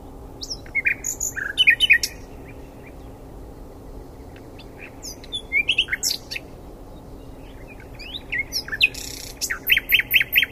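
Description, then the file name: Common nightingale delivering scattered song phrases of chirps, clicks and short trills, with quiet gaps of a few seconds between bursts. "Luscinia megarhynchos"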